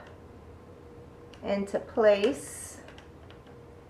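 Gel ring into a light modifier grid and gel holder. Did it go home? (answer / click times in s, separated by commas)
no / none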